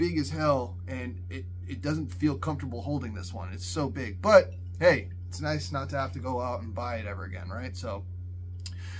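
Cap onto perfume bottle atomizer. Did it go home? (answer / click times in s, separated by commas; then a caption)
yes / 8.6 s, 8.7 s. Someone talks, then the cap is put back onto a 200 ml Versace Eros fragrance bottle with a metal atomizer and seats with a small double click at 8.6 s and 8.7 s. The cap clicks into place.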